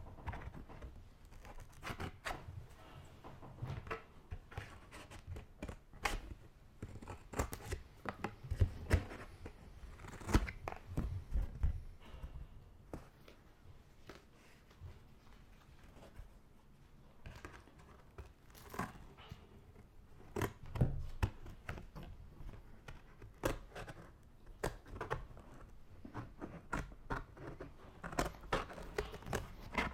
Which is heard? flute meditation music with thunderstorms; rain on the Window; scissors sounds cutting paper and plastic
scissors sounds cutting paper and plastic